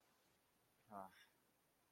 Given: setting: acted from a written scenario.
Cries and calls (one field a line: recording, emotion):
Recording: vocal sound without words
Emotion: serenity